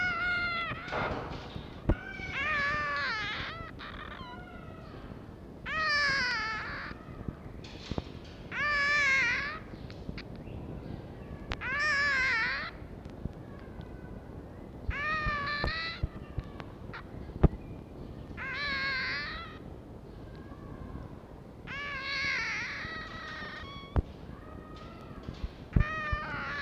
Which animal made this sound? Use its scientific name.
Vulpes vulpes